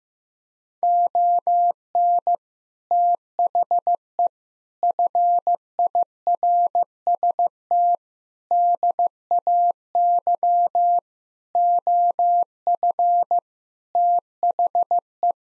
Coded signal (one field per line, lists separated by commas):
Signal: Morse code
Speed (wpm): 15 wpm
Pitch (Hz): 700 Hz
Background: none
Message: ON THE FIRST DAY OF THE